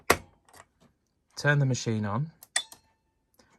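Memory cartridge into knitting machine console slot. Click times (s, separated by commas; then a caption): 0.1 s. A plastic pattern memory cartridge is pushed down, writing facing out, into the slot under the lifted centre flap of a Brother KH-965/KH-965i electronic knitting machine console. It clicks into place at 0.1 s, followed by a few faint handling taps, and then someone talks. Another sharp tap comes at about 2.6 s, and the cartridge is seated.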